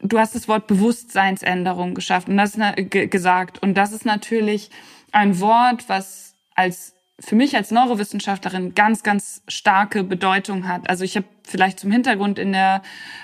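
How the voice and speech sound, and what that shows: A woman speaks German in a steady mid-pitched voice with mostly fluent phrasing, broken by a part-word repetition, a stretched "s" sound and silent mid-phrase pauses, including one gap of about a second. These are mild signs of stuttering.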